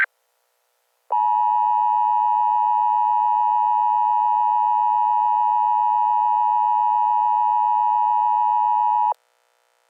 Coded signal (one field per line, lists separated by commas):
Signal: Emergency Alert System (SAME) tones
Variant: 853 and 960 Hz attention tone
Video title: EAS Scenario #10: Hypnotized